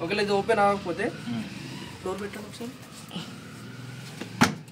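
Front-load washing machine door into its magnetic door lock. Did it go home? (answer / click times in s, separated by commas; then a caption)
yes / 4.4 s. A technician pushes the front-loading washing machine door shut onto its magnetic door lock while someone talks, and the door latches with one sharp hit at 4.4 seconds. The door is seated on its latch.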